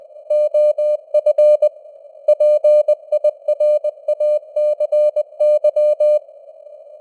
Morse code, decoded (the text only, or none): OF PIRACY